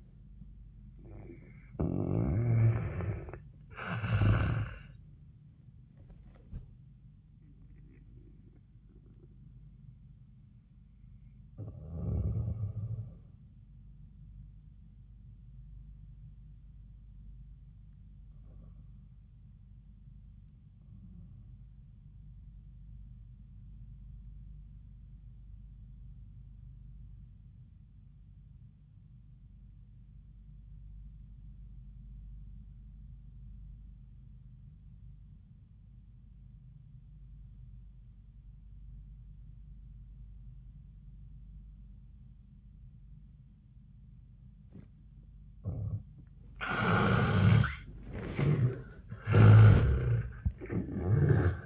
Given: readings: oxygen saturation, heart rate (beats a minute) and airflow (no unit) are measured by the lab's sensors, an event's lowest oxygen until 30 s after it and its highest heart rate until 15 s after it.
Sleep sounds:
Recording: breathing in sleep by a smartphone at the bedside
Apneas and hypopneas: 1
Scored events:
21.00-46.20 s: obstructive apnea (N1, oxygen 98% highest, then 72% lowest, heart rate 83 at the start, 91 highest)
From the record:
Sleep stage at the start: N1 (lightest sleep)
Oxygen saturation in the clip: 70 to 98%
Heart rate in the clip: 70 to 96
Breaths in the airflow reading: 6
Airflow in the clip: -11.6 to 8.5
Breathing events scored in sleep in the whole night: 400 in 8.7 hours asleep

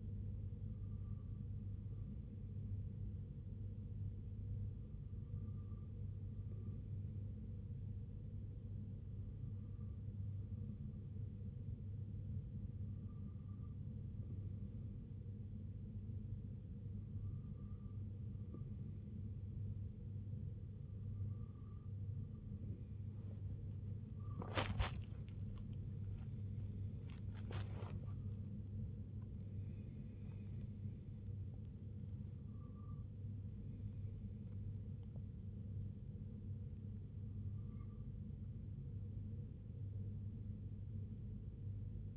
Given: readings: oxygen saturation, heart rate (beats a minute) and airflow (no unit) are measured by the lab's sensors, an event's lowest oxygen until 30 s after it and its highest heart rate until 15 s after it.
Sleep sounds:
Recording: breathing in sleep by a smartphone at the bedside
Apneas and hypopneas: none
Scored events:
7.00-42.17 s: new sleep stage, N2 (light sleep)
From the record:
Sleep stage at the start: N3 (deep sleep)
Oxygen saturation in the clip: 93%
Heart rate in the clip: 62 to 85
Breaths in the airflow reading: 9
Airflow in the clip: -7.6 to 6.1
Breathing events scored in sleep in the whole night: 258 in 7.4 hours asleep

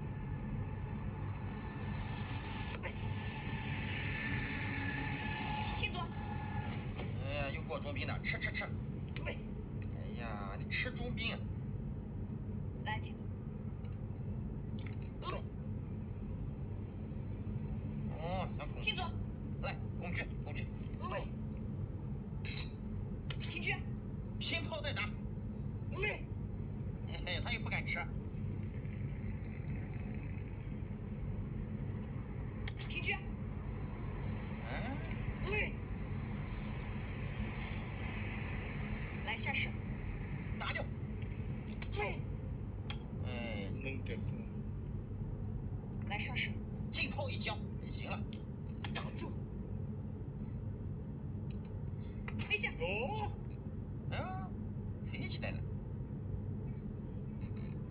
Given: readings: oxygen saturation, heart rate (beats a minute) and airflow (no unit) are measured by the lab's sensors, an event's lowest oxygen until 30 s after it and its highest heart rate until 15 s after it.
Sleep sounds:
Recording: a person awake in a sleep study, by a smartphone at the bedside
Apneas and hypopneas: none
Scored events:
0.00-57.91 s: awake
From the record:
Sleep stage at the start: awake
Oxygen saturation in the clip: 95 to 96%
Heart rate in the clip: 75 to 79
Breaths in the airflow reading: 15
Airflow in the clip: -3.8 to 5.0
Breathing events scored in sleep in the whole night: 131 in 7.2 hours asleep

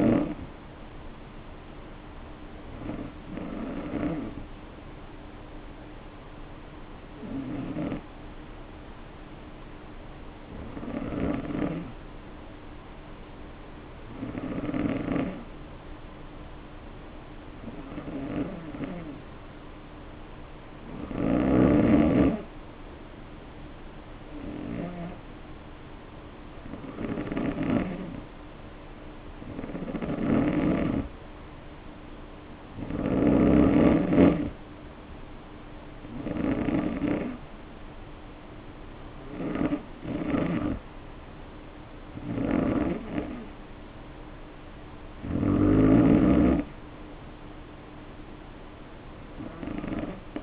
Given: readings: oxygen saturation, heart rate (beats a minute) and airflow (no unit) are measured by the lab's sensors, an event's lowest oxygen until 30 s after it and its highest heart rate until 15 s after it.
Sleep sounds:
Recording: breathing in sleep by a voice recorder at the bedside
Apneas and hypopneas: 1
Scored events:
5.00-22.60 s: hypopnea (N2, oxygen 94% highest, then 89% lowest, heart rate 52 at the start, 61 highest)
From the record:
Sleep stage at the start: N2 (light sleep)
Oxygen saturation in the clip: 87 to 94%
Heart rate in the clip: 52 to 61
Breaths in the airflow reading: 17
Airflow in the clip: -2.7 to 1.9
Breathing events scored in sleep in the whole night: 520 in 7.2 hours asleep

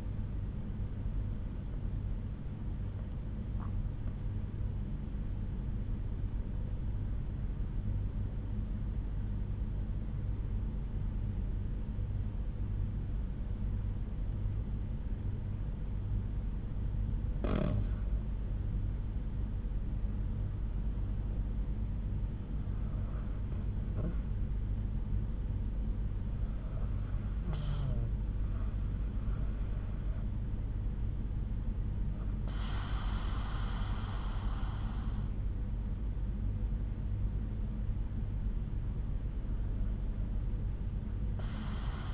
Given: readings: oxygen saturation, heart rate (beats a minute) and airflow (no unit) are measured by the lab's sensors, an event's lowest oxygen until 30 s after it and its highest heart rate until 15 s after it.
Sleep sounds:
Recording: breathing in sleep by a smartphone at the bedside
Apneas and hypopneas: 1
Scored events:
8.00-19.70 s: obstructive apnea (N2, oxygen 94% highest, then 90% lowest)
12.00-42.14 s: new sleep stage, N1 (lightest sleep)
From the record:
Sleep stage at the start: N2 (light sleep)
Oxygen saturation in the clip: 90 to 96%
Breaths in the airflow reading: 6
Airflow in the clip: -8.7 to 7.6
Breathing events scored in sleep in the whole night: 368 in 8.0 hours asleep

